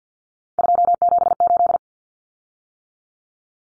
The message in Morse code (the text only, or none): 278